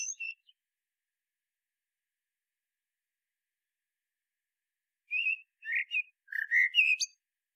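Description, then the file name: Common blackbird song: a couple of short high notes at the start, then after a long silence one warbling phrase of fluty notes ending in a high squeaky twitter. "Turdus merula"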